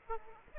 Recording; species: mosquito wingbeat signal from an infrared sensor; Aedes aegypti